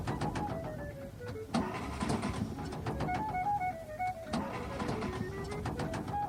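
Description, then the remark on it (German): A Studebaker car engine sputters and coughs in uneven bursts, its whining tones sliding downward as it loses power and dies out right in front of a garage, with no voices over it. “Nanu, was ist denn auf einmal mit dem Wagen los?”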